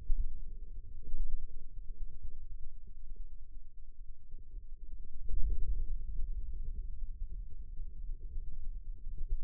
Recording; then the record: forearm muscle sounds (acoustic myography)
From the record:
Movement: radial deviation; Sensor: system 2, bracelet of six BSWA MPA416 microphones around the upper forearm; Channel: 2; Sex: male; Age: 22 years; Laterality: right